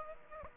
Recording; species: mosquito wingbeat signal from an infrared sensor; Aedes aegypti